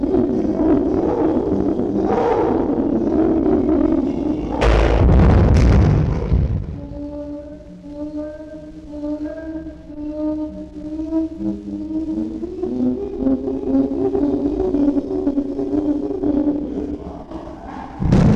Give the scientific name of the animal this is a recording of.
Pan troglodytes